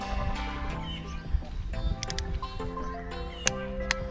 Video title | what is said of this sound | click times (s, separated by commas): Xmax 250 5000 KM Yağ Değişimi ve Servis Uyarısının Silinmesi | yavaş bu Duydunuz mu sesi | 3.5 s, 3.9 s